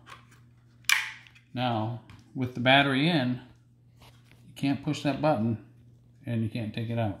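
A small push-button latch is pressed and a plastic battery conversion adapter is taken out of the battery bay of a Yuneec Mantis Q drone. A sharp, bright click at 0.9 s marks the adapter releasing, followed by someone talking. The adapter comes free of the battery bay.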